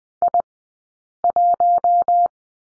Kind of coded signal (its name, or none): Morse code